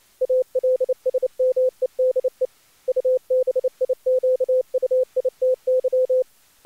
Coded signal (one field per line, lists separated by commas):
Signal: Morse code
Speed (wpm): 26 wpm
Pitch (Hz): 510 Hz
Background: none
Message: ALS MEDE UBIQUITY